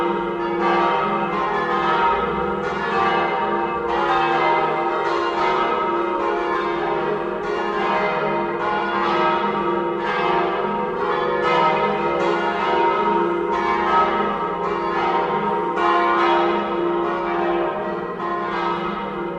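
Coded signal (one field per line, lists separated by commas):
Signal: bell signal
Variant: battiore and plenum, 5 bells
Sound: several church bells ringing together in continuous overlapping strikes, rich ringing tones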